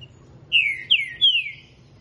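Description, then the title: Green-winged Saltator giving three strong descending whistles, evenly spaced across about a second. Heard singing a lot in the morning; the song style is labelled 'voz 10'. "Canto De Trinca Ferro Voz 10"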